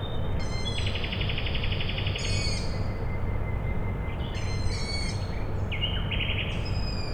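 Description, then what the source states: Owl chicks give several squeaky, harmonic-rich calls, some buzzy and pulsed, over a steady low industrial rumble. Owl chicks calling at night, Tuesday 21 May 2019, Michałkowice, Siemianowice Śląskie, Poland; industrial plant in background; Zoom H5 with Audio-Technica BP4025.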